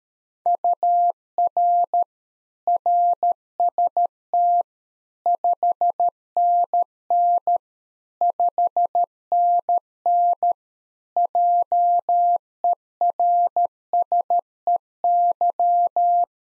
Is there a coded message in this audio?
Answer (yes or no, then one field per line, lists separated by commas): yes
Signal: Morse code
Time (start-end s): 0.5-16.2 s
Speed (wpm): 13 wpm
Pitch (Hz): 700 Hz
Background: none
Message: UR RST 5NN 5NN JERSEY